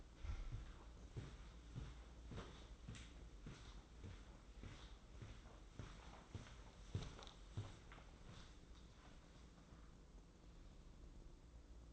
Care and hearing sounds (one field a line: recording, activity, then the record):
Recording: daily activity, microphone in the room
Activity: walk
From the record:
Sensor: 3